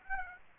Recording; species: mosquito wingbeat signal from an infrared sensor; Aedes aegypti